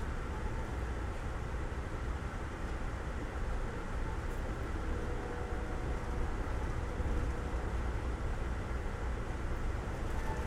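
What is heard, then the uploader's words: A train ride: a steady, dense rumble of the moving car that holds the same level for the whole ten seconds. The low end churns with rolling texture, while a faint hiss sits on top. No distinct events break the continuous roar. Train Ride From Tampa To Ft.Lauderdale.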